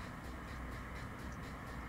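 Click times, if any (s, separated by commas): none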